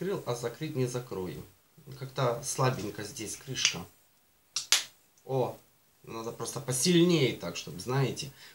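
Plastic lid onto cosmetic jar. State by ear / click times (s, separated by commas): seated / 4.6 s, 4.7 s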